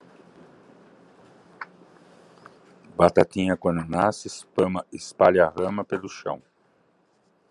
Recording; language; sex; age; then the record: short text; Brazilian Portuguese; male; 60 to 69 years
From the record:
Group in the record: control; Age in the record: 60 years